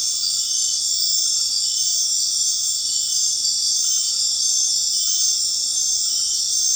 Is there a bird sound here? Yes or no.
no